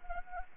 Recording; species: mosquito wingbeat signal from an infrared sensor; Anopheles arabiensis